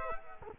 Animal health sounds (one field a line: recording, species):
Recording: mosquito wingbeat signal from an infrared sensor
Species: Culex quinquefasciatus